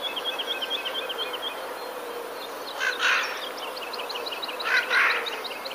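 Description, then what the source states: Eurasian jay giving two harsh, grating screeches in the second half, while a small bird gives quick, thin repeated chirps at the start and end. Alarm call, 7 April 2019.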